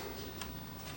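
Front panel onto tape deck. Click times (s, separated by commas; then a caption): 0.4 s. A plastic front panel is lined up and pressed onto a tape deck, and a single sharp click is heard at 0.4 s against a steady low background. The panel clicks into place and is seated, ready for testing.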